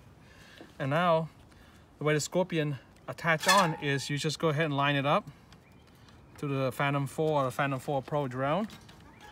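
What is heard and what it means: Someone talks while a prototype Arris Scorpion landing skid with a blue drop system is lined up to the underside of a Phantom 4 or Phantom 4 Pro quadcopter drone body, with faint handling taps around 5.5 and 6.1 seconds between the speech. The clip ends just before the skid goes home; nothing has seated or clicked yet.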